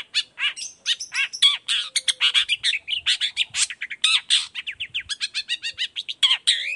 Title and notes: Cendet Gacor Dor Di Kala Pagi Toet Toet Variasi Suara. Cendet Gacor Efektif Pancingan Buat Cendet Jenis Apapun Agar Cepat Nyaut Buka Paruh. Burung cendet